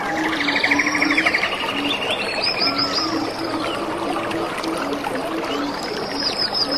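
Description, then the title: Birds: a rapid rattling trill opens, followed by high arched whistles and a low soft note repeating steadily, against a continuous stream hiss. Birds in a rainy forest beside a clear stream. "The pure stream and lovely birds in the rainy forest"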